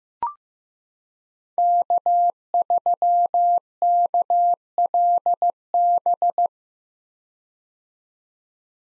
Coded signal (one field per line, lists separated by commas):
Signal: Morse code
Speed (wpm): 15 wpm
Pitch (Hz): 700 Hz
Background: none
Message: K3KLB